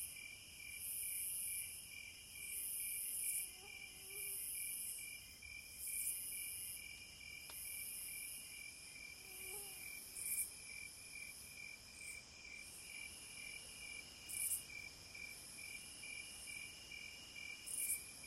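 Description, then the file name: Cicadas buzzing in high, uneven bursts over a steady, sustained lower drone, with a few faint chirps in between. "Zvuki prirody Cikady"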